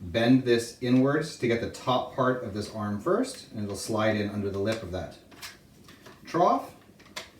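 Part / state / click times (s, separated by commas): folding arm into stroller frame trough / seated / 7.2 s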